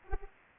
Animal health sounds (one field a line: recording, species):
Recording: mosquito wingbeat signal from an infrared sensor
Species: Anopheles arabiensis